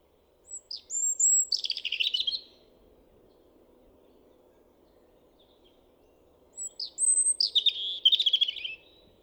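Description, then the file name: European robin singing two high sweet phrases of thin whistles and quick twittering trills, roughly six seconds apart, over a steady low hum. "Erithacus rubecula"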